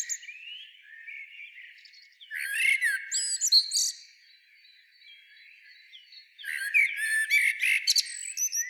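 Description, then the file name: Common blackbird song: a fluted warble with rising and falling whistles and high squeaky notes, a quiet pause, then another similar phrase. "Turdus merula"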